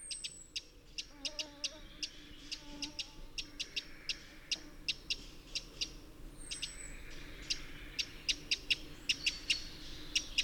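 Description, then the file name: Eurasian wren giving sharp, dry ticking calls in irregular runs throughout, with brief thin descending whistles and faint low tones early on. "Troglodytes troglodytes"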